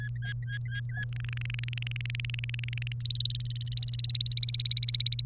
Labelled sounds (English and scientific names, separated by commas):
Domestic Canary (Serinus canaria) song